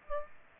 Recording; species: mosquito wingbeat signal from an infrared sensor; Aedes aegypti